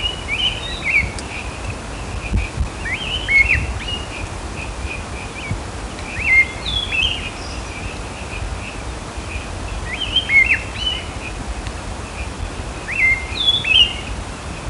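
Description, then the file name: Great thrush calls: short sharp whistled notes and rising chirps in loose clusters every few seconds, over a steady hiss of background noise. "Turdus fuscater - Great Thrush"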